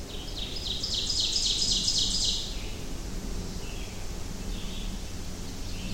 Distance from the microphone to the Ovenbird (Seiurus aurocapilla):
about 25 m